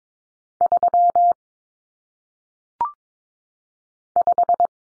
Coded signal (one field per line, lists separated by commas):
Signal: Morse code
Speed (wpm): 22 wpm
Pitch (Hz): 700 Hz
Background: none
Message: 3 5